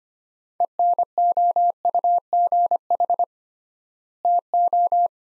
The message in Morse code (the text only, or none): ENOUGH TO